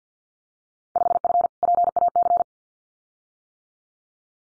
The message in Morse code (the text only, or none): 5F PAC